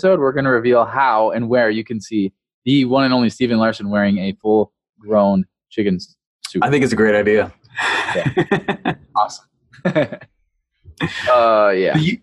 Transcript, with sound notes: We're gonna reveal how and where you can see the one and only Stephen Larsen wearing a full-grown chicken suit.
I think it's a great idea. [chuckle]
Yeah, awesome. Oh, yeah.